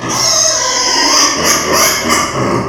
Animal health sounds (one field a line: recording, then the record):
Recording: squeal of a Yucatan mini pig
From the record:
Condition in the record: before surgery on the right vocal fold (resection and tissue-engineered implant)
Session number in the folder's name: 2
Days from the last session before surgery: 0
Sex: male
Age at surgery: 12 weeks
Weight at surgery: 13 kg